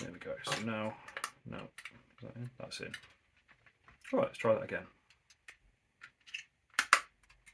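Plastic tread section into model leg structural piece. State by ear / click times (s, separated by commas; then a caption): seated / 6.8 s, 6.9 s. Someone talks while pushing a plastic tread section into the leg structural piece of an Altaya Megazord model again, retrying after an earlier part wasn't seated properly. Soft handling taps lead up to two sharp plastic snaps at 6.8 and 6.9 s as the tread piece clicks straight in and seats fully.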